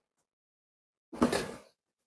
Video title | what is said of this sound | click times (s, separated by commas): Keep Your Drains Clear! Best Grease Disposal Bags & Container Combo - Full Review + Tips | Kind of clicks in place. | 1.2 s